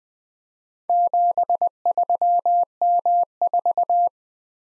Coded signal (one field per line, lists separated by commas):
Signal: Morse code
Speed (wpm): 20 wpm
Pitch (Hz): 700 Hz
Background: none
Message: 73M4